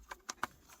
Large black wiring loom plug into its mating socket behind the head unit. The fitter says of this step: So, uh that locks in place